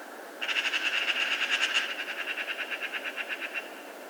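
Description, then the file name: Eurasian magpie chattering in one long, harsh rattle of quick, evenly spaced notes lasting about three seconds, fading slightly toward the end. "Pica pica"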